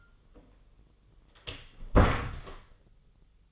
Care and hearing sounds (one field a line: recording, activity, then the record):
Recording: daily activity, microphone in the room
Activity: close door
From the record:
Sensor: 4